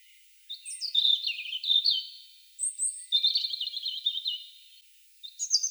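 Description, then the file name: European robin song: thin, high warbled phrases with sweet trills and clear whistles, separated by short pauses, then a new phrase beginning near the end. "Erithacus rubecula"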